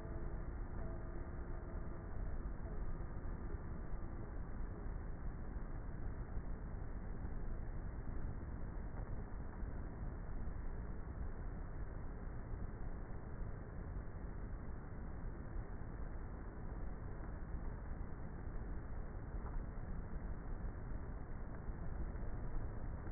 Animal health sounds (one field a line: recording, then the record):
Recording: honeybee colony, microphone inside the hive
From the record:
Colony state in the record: queenless with a low population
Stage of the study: before two queens were removed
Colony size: about 30,000 bees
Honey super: no